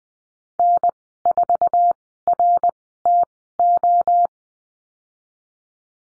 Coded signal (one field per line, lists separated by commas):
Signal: Morse code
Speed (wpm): 20 wpm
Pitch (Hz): 700 Hz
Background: none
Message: N4RTO